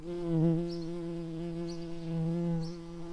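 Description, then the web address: Garden bumblebee buzzing, a steady low hum that swells slightly louder twice, with no other sounds. Worker bees. "Hortorum workers"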